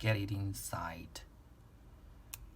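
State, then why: Seated. A small card, likely a SIM, is pushed into the push-in/push-out card slot of an RF-V47 pet GPS tracker while someone talks. A single sharp click at 2.3 s shows that the card has seated in the slot.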